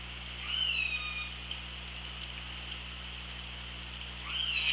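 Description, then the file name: Orca calls: one downward-sliding harmonic call early on and another rising call at the very end, separated by several seconds of steady underwater hiss and hum. Hydrophone, 24 August 2017. "Orca Lab"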